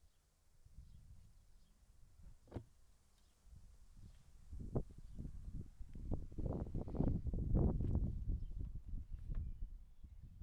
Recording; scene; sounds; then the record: everyday scene through a hearing-aid microphone; wind on the microphone; wind, other noises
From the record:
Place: in front of a rural house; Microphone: behind the ear, right, rear